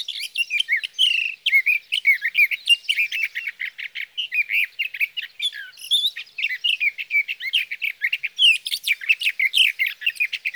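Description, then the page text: Sage thrasher pouring out a long, unbroken song of quick warbling phrases, slurred up and down, with occasional higher squeaky notes throughout. Male sage thrasher, Sierra Valley, California, June 12–15, 2018; from a set comparing his night songs, recorded by a Swift recorder near his night roost, with his day songs. "Birdsong for the Curious Naturalist: Explore #7. 61. Sage thrasher songs, through the night. from the evening of June 12 to the morning of June 15, 2018, in Sierra Valley, California"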